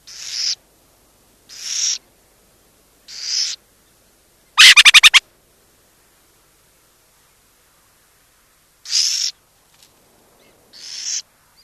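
Burrowing owl: several harsh rasping hisses, with one brief loud rattling burst between them.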